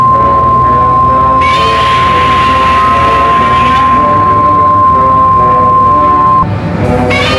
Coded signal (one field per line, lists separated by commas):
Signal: Emergency Alert System (SAME) tones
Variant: 1050 Hz attention tone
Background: music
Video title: Eas Scenario Godzilla vs. King Kong 1962